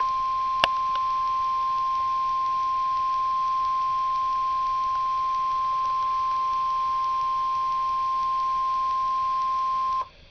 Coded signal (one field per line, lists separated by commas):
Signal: Emergency Alert System (SAME) tones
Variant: 1050 Hz attention tone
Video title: Real NOAA Weather Radio EAS Test #2